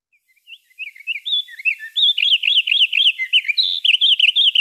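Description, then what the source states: Winter wren song slowed down, a string of separate sliding whistled notes and repeated looping phrases, growing louder after a quiet start. Song played slowed to half normal speed, revealing variation that is hard to hear at full speed, including little repeated sections.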